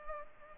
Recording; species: mosquito wingbeat signal from an infrared sensor; Culex pipiens